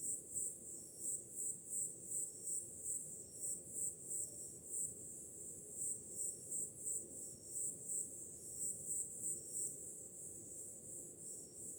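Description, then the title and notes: Crickets chirping in quick, high pulsing bursts, continuous over a low background wash of sea. Summer night. "Som do mar ao fundo, grilos e cigarras em uma noite de verão – Ocean, crickets and cicadas in a summer night"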